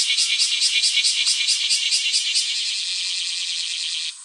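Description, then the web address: Bear cicada calling song: loud, harsh, high buzzing, rapidly pulsed for about two and a half seconds, then merging into a steady drone that stops abruptly. Recorded on 30 June 2018. "birdenaga kumazemi"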